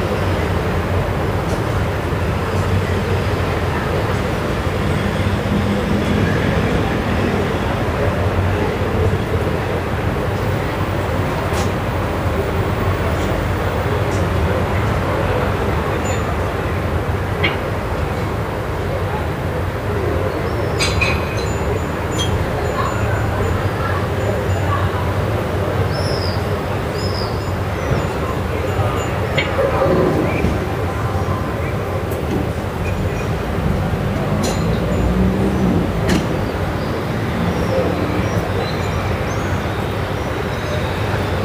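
Evening street sound on Via Moscova in Milan: a steady, dense rumble of traffic fills the whole clip, with low engine drone underneath. Voices mix in and out, and brief clicks and clatters appear around the twentieth and thirtieth seconds.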